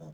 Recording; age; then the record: pig call; piglet (1 to 25 days)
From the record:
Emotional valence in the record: negative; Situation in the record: long isolation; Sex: male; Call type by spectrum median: low-frequency call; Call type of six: low-frequency stable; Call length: 0.14 s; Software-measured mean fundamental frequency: 51 Hz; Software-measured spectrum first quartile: 158 Hz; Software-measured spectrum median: 266 Hz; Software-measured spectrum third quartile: 599 Hz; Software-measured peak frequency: 158 Hz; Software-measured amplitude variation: 83 dB a second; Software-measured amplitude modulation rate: 7.4 a second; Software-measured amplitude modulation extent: 11.3 dB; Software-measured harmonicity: 6.6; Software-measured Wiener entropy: -0.20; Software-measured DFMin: 1103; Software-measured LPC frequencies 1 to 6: 564, 3533, 5360, 6285, 8374, 10507 Hz